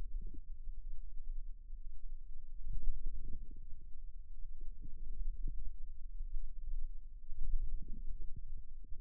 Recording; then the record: forearm muscle sounds (acoustic myography)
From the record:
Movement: wrist flexion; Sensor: system 2, bracelet of six BSWA MPA416 microphones around the upper forearm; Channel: 1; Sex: female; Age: 22 years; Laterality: right